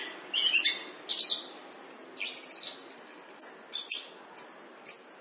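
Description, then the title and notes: Chestnut-capped thrush singing very high, thin whistled phrases and chirps in short bursts over a steady background hiss. "anis kembang. suara burung"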